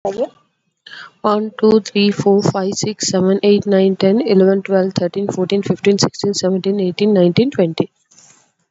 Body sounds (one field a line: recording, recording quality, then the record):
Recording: counting at a fast pace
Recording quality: excellent, no background noise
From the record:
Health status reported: COVID-19 positive, mild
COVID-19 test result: positive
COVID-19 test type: RT-PCR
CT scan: not taken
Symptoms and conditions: cold, fatigue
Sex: female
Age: 27 years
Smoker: no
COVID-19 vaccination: none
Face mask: not worn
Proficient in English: yes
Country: India